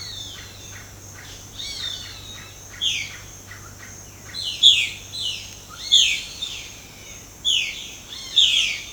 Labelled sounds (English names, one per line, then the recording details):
Violaceous Jay
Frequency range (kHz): Violaceous Jay 1.2-8.0 kHz
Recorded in pastures near Puerto Asís, Putumayo, Colombia, on 30 June 2025 at 10:30
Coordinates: 0.496, -76.326
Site GP01